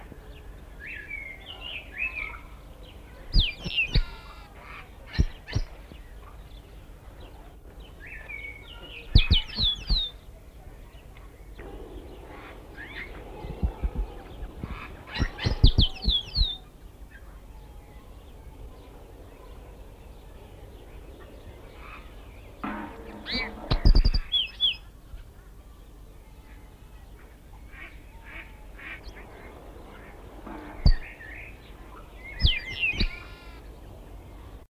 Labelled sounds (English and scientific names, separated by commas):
Yellow-winged Blackbird (Agelasticus thilius) song